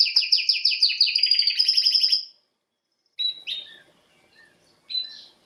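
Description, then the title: Domestic canary song: a rapid trilled phrase of repeated high notes for about two seconds, a pause, then a few separate short chirps and whistles. Male canary singing a lot; training recording to warm up young birds and Belgian canaries. "Esquente Seu Filhote E Canario Belga Em 30 Minutos Macho Cantando Muito"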